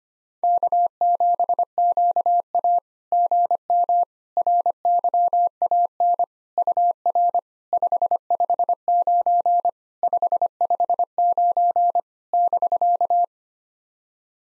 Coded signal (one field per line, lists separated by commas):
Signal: Morse code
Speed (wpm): 24 wpm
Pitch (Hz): 700 Hz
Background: none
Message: K7QA GM RYAN UR 559 559 <BK>